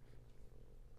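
A low, steady rumbling with a fluttering, purr-like texture runs through the whole second, with almost nothing in the higher range. This is a loud, roaring stomach growl (borborygmi) from hunger in an adult, ordinary gut gurgling as gas and fluid move through the intestines.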